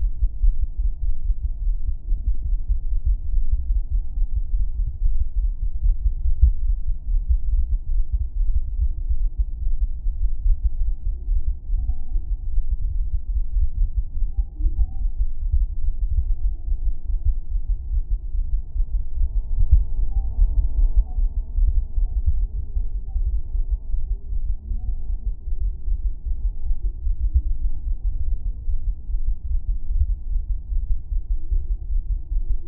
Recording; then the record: fetal heart sounds by stethoscope on the mother's abdomen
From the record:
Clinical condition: thrombocytopenia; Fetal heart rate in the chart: 135 bpm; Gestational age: 35 weeks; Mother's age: 24 years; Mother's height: 153 cm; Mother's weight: 62 kg